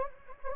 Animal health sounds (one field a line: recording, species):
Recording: mosquito wingbeat signal from an infrared sensor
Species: Anopheles gambiae